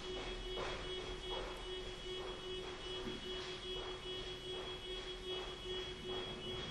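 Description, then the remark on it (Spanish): A car alarm goes off outside, sounding continuously, a steady electronic tone with rhythmic pulsing bursts repeating about twice a second over a constant rushing background noise, with no talking. “Porque con el golpe le debe haber quedado la alarma por ahí media.”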